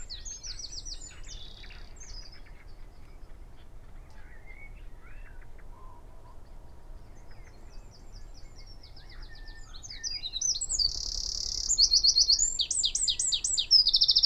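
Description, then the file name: Eurasian wren song, bursts of high, rapid notes and fast buzzy trills at the start, a quieter middle, then a loud run of trills near the end over low background rumble. "Troglodytes troglodytes"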